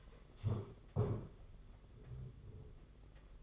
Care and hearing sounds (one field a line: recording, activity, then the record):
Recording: daily activity, microphone in the room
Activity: stand up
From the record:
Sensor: 4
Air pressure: 992.5 hPa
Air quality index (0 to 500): 117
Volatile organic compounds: 26 ppm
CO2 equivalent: 2854 ppm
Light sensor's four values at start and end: 20/72/26/28 and 20/72/26/27